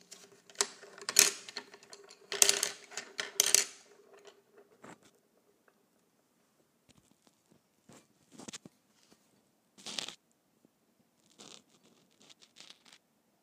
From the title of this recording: ASMR Colored Pencils